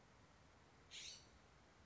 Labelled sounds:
California Scrub-Jay
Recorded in Sonoma County, California

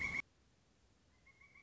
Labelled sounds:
Pileated Woodpecker
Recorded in Sonoma County, California

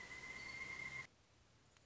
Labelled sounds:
Pileated Woodpecker
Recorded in Sonoma County, California

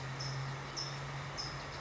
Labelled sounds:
California Towhee
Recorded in Sonoma County, California

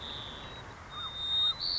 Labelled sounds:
White-crowned Sparrow
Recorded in Sonoma County, California

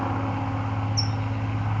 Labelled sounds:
California Towhee
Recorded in Sonoma County, California

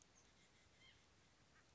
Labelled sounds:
White-breasted Nuthatch
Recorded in Sonoma County, California

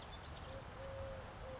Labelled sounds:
Eurasian Collared Dove
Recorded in Sonoma County, California

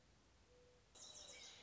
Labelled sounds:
Mourning Dove
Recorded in Sonoma County, California

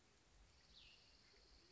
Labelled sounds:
Cassin's Vireo
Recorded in Sonoma County, California

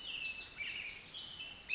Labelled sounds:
Pacific Wren
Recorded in Sonoma County, California

